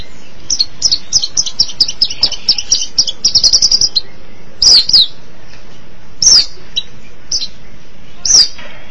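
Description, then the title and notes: Shrike song: a quick run of high, scratchy chirps over the first four seconds, then separate sharp notes every second or two against a soft hiss. "Suara burung pentet"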